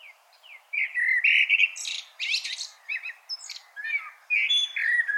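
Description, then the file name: Common blackbird song: rich, mellow warbles alternate with harsh, high squeaky bursts in quick succession, with a faint steady background hiss throughout. "Turdus merula"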